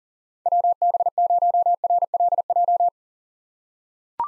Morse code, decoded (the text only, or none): WB0RLJ